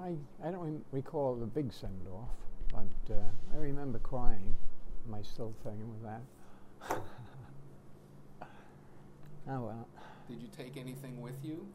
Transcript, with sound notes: I — I don't re — recall a big sendoff but I remember crying. Am I still playing with that? [chuckles]
Did you take anything with you?